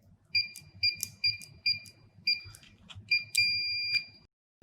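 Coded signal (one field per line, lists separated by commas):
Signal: beep code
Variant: USAutomatic wireless keypad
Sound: several short high key-press beeps with soft clicks, then one long steady beep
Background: button presses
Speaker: you will hear one long beep but that's okay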